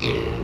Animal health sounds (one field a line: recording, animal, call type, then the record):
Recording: contact call of a hoofed animal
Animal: pig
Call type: closed-mouth grunt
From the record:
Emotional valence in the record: negative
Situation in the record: short social isolation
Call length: 0.45 s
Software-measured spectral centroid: 2140 Hz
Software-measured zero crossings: 1640 a second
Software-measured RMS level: -24 dBFS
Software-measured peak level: -8 dBFS